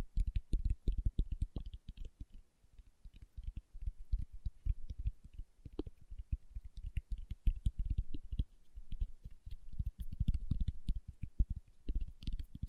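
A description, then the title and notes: Fingertips tap in rapid, uneven bursts of dull, low knocks with faint clicky ticks, continuing densely throughout with brief pauses. ASMR Tapping with Fingertips (No Talking).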